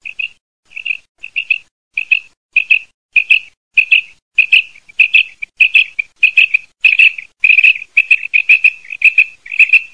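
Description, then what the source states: Common quail calling, short liquid notes in quick groups of two or three, repeated steadily and growing louder and denser. Recorded in Malta.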